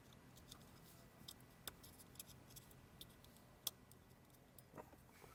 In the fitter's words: And then we'll take the other end of that, and we'll do the same thing. Double check that it's locked.